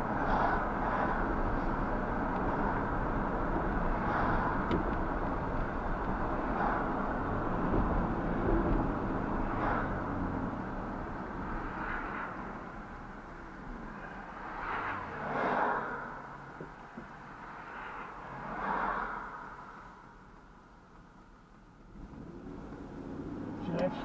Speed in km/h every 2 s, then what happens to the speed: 58, 60, 60, 58, 50, 34, 13, 3, 0, 0, 0, 0.
0-6 steady at about 58. 6-15 brakes to 0. 15-22 standing.